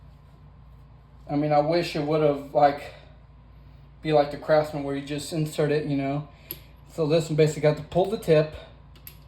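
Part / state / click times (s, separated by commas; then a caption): hex driver bit into impact driver quick-change chuck / seated / 9.0 s, 9.1 s. Someone talks while pulling back the collar on a 20V Bauer 1/4 in hex compact impact driver's quick-change chuck, inserting a 1/4 in hex driver bit and releasing the collar. A short mechanical click follows at 9.0 s and 9.1 s as the bit locks into the hex chuck and is seated.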